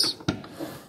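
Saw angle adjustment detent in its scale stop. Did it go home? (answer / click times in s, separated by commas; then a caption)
yes / 0.3 s. A saw's angle setting is changed, and its adjustment detent snaps into a preset stop on the numbered angle scale with a sharp click at 0.3 s, followed by a fainter tick at 0.4 s. The angle is seated in the detent position.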